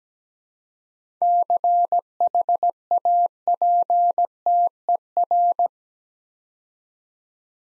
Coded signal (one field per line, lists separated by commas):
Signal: Morse code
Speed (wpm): 17 wpm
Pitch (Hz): 700 Hz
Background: none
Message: CHAPTER